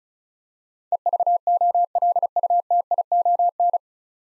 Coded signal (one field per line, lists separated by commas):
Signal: Morse code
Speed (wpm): 36 wpm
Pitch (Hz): 700 Hz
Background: none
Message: EVOLUTION